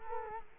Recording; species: mosquito wingbeat signal from an infrared sensor; Culex quinquefasciatus